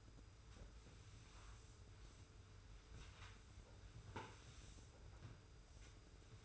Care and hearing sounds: daily activity, microphone in the room; sweep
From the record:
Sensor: 2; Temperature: 25.1 degrees Celsius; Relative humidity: 42.2%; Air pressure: 991.2 hPa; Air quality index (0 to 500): 147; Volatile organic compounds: 362 ppm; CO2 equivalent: 4605 ppm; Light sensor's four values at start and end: 41/116/46/44 and 41/115/46/44

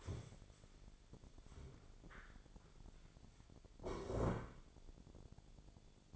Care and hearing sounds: daily activity, microphone in the room; stand up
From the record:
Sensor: 5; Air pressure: 1000.5 hPa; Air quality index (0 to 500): 148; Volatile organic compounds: 2 ppm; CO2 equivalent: 1146 ppm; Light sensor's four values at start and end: 48/112/47/49 and 48/111/46/49

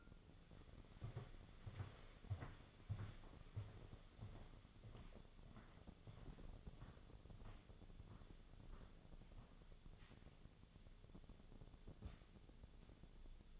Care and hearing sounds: daily activity, microphone in the room; walk to room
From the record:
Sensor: 4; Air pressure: 1000.8 hPa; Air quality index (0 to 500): 122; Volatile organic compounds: 1 ppm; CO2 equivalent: 919 ppm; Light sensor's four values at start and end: 53/132/56/62 and 54/134/56/63

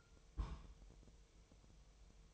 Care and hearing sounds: daily activity, microphone in the room; place on stove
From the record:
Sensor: 1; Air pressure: 999.4 hPa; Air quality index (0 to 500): 198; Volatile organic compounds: 40 ppm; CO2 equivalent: 3142 ppm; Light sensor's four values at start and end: 9/22/8/9 and 9/22/8/9

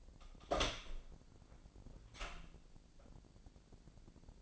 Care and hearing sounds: daily activity, microphone in the room; open door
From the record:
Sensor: 5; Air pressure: 1009.3 hPa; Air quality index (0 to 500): 164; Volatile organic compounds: 2 ppm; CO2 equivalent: 1250 ppm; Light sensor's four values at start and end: 118/278/119/128 and 118/278/120/129

